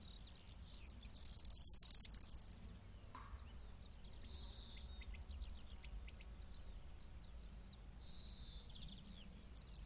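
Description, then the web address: Corn bunting song of quick high clicks merging into a jingling, keys-like rattle, followed by a long hush and the first ticks of the next phrase near the end. "agykontroll Madardalok Cd 2. Sordély"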